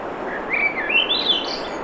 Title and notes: Swainson's Thrush singing Wednesday June 7, 2017 7:15 pm temperature low 50s clear skies between the tides Sun Dew Trail where it intersects with trail to Ocean Beach Schoodic Pennisula Acadia National Park Winter Harbor, ME